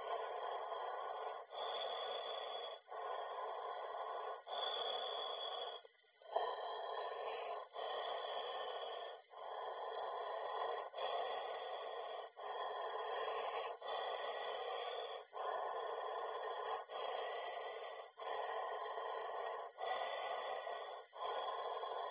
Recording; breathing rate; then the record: paced breathing near a phone; 20 breaths a minute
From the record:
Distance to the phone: 20 cm